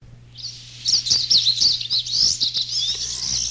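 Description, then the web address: Pine Siskin twittering, a rapid jumble of high twittering and buzzy trills, continuous and scratchy, with a steady low hum beneath. "radio 1988-04-05 Pine Siskin"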